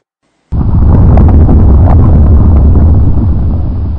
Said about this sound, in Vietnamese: Mẹ kiếp, sườn núi dốc hay là do đường trơn, tảng đá to như vậy cũng có thể rớt xuống sao?